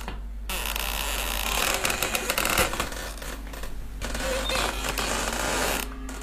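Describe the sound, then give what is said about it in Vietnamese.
A door creaks as it is slowly pushed open, a long rasping, stuttering groan over a low steady hum that drags on for several seconds at moderate loudness, with no voices. “Tiếng cánh cửa kèn kẹt được đẩy ra, nghe nó va mị lắm.”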